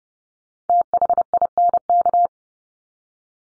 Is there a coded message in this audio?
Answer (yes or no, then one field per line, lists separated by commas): yes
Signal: Morse code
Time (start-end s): 0.7-2.3 s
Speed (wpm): 28 wpm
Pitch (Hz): 700 Hz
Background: none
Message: THINK